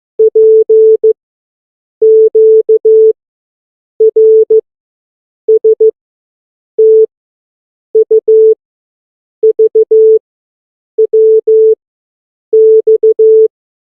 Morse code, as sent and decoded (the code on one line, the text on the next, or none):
.--. / --.- / .-. / ... / - / ..- / ...- / .-- / -..-
P Q R S T U V W X